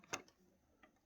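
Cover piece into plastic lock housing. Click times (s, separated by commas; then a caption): 0.1 s. A cover piece is slid into the plastic housing of a SISO Denmark electronic combination cam lock, Marc M1 "Public" model, and clicks home at 0.1 s with a sharp plastic click. Fainter ticks follow at about 0.3 s and 0.8 s. The piece is seated and the lock is ready to be used.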